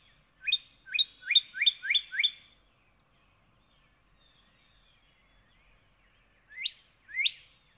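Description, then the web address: Northern cardinal giving a phrase of six quick rising whistles, a long silent gap, then two more separate notes. "birdsongforthecurious Northern Cardinal"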